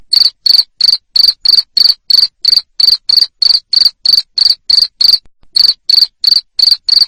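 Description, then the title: Cricket chirping shrilly and regularly, around three chirps per second, with one brief silence near the end. Loud cricket chirping used to stimulate lovebirds into continuous singing. "Suara JANGKRIK NGERIK Keras Bikin LOVEBIRD Jadi NGEKEK Terus Vubey"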